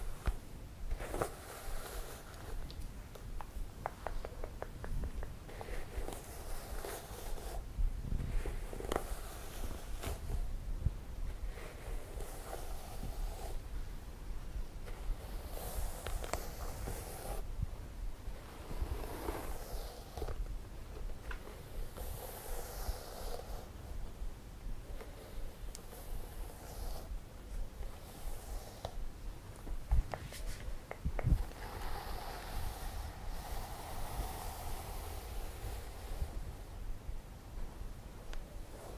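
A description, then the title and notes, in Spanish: Hair being combed and scratched during a scalp massage, a dense, scratchy rustle that keeps going for the whole clip. It comes in short strokes and bursts, some brighter and hissier than others, with occasional soft taps and thumps and a low rumble underneath. Masaje Capilar - peinando y rascando el pelo.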